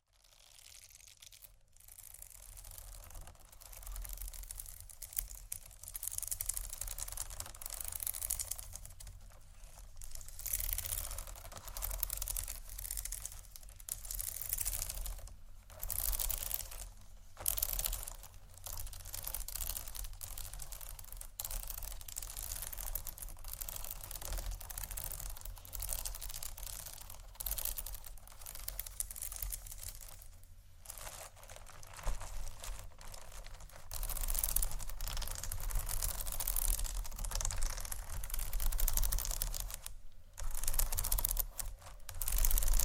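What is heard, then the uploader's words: Beads and pearls clatter and click against each other in a dense, bright, continuous rattle of tiny hard taps. The flow breaks off briefly a few times, near 2, 16, 17, 31 and 40 seconds, then resumes, over a steady low hum. ASMR Beads And Pearls（No Talking）.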